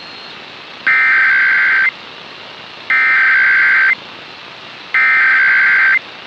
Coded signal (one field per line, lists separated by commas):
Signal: Emergency Alert System (SAME) tones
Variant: header bursts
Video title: 2019 National Periodic EAS Test - WLW/WHAS/WVLK/WFRT-FM EAS Activation - 8/7/2019 2:20pm